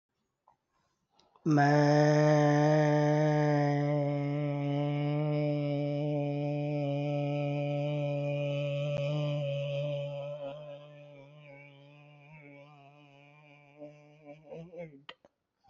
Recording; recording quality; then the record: sustained vowel as in made; excellent, no background noise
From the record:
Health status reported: respiratory illness, not identified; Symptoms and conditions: asthma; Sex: male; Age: 45 years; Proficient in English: yes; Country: India